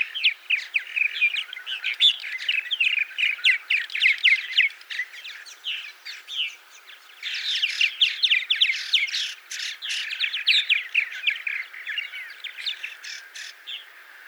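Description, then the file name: Purple martins chattering almost without break: rapid, overlapping gurgles, croaks and squeaky chirps in a busy, jumbled stream. "purple martin by paul marvin"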